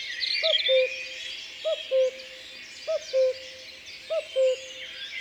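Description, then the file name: Common cuckoo calling a low two-note cu-coo, the second note lower, repeated four times about every 1.2 seconds over a busy chorus of high songbirds. Recorded in the Drôme, France. "Coucou gris Concerts Naturels de la Drome Studio les Trois Becs"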